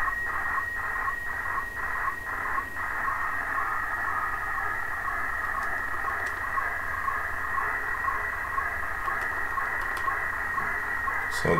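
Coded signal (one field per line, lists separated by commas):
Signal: weather fax (radiofax)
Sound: steady scratchy warbling tone with a faint rhythmic tick about twice a second, under hiss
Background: radio static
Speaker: this is gonna be a little chopped up so this is the waves 96 hour wind and wave and meters so this is the ocean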